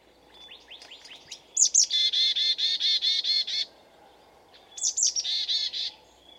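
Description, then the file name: Marsh tit calling: thin high notes lead into a long string of harsh, buzzy repeated notes, then a second shorter sharp-then-buzzy phrase follows. "Poecile palustris"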